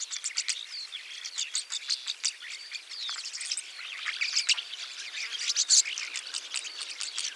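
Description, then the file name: Rosy starling chattering song, a dense run of scratchy clicks, buzzes and short squeaky whistles, continuous and unbroken throughout. "jalak mawar"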